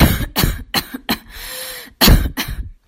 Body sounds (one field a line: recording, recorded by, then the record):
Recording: voluntary cough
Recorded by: messaging app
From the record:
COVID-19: negative